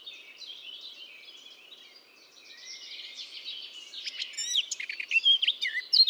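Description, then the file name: Eurasian blackcap warbling softly in a quiet, scratchy chatter that grows into louder, clearer whistled notes near the end. "Sylvia atricapilla"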